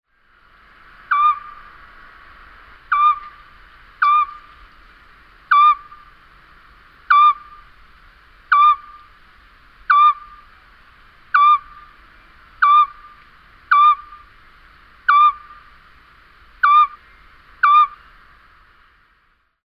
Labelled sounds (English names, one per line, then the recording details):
Eurasian Scops Owl
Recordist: Tembrock, Günter
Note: Rufreihe